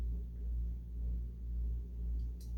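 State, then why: Not seated. The inner plastic cage of a virtual pet toy is pushed back into its shell during reassembly, over a steady low rumble and hum. A brief bright tick is heard near 2.4 s, but nothing has seated or clicked yet, as the clip ends just before the cage snaps home.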